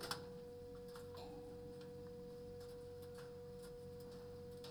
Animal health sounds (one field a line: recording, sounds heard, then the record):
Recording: poultry house recording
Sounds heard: no chicken sound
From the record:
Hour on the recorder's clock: 22